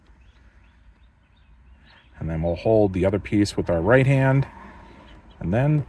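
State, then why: Not seated. A plastic piece of a Mercedes W202 C230/C280 turn signal and wiper stalk is slid back into position in its housing and lined up, ready for the halves to be squeezed together. The first two seconds carry only faint low background noise, then someone talks from about 2.2 seconds to the end. Nothing has seated or clicked yet.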